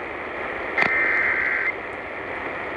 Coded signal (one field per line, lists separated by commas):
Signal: Emergency Alert System (SAME) tones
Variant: header bursts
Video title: Round 2 (EAS Alerts from 1/10/23) (EAS #725-729)